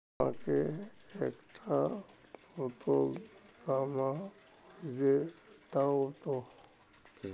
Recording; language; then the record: elicited speech; Bengali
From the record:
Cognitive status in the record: dementia